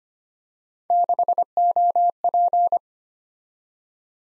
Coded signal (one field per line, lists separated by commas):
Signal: Morse code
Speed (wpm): 25 wpm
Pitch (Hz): 700 Hz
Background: none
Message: 6OP